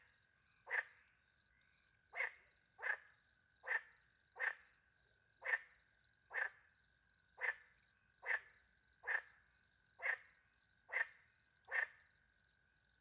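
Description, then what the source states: Frog croaking repeatedly in short bursts, sometimes in close pairs, over a steady shrill cricket chorus. Frogs calling by night in French countryside beside a little pond, with crickets; microphones hidden in a tree close to the pond, two Usi pro microphones into a Mixpre 10 II.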